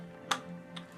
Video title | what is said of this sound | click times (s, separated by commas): Let's Talk About...Borderlands 2 PS Vita Bundle | snaps right in, and it doesn't fall out. | 0.3 s